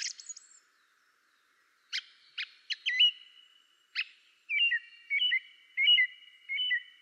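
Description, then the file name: Song thrush singing: scratchy high notes and sharp clicks, then a fluty whistled phrase with a dipping turn, repeated four times at steady intervals. "drozd spiewak peter boesman. zanglijster"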